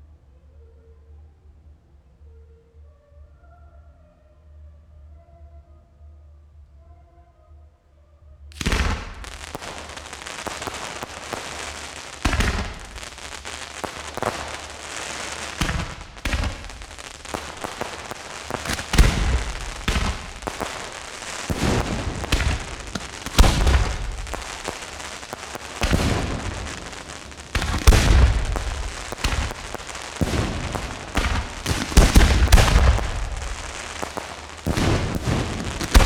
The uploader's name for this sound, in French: Feux d'artifices